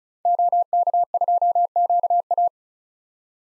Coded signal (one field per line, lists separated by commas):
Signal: Morse code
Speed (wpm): 36 wpm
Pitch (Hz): 700 Hz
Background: none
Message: OK2QA